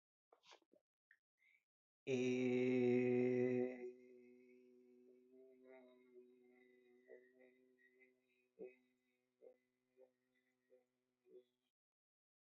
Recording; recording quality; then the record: sustained vowel as in made; excellent, no background noise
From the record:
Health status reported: healthy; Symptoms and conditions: none ticked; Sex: male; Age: 27 years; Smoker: not ticked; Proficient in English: yes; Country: India